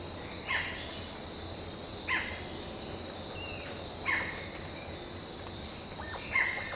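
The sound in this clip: Bird call: four harsh, buzzy bursts, each about two seconds apart, over a steady background hiss.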